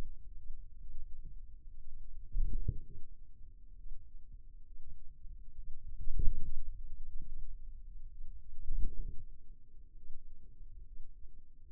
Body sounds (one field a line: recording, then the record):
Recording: forearm muscle sounds (acoustic myography)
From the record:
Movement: wrist extension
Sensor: system 2, bracelet of six BSWA MPA416 microphones around the upper forearm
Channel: 5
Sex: male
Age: 22 years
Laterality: right